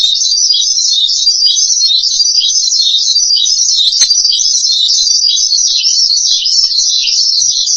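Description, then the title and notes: Starling song: a steady stream of fast, buzzy, high-pitched chattering notes that runs unbroken throughout. "suara burung jalak"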